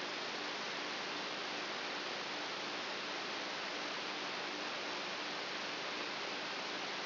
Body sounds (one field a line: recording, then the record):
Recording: brain microelectrode recording played as sound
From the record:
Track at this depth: outside the subthalamic nucleus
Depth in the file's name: 6.44 mm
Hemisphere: right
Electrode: 2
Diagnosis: Parkinson's disease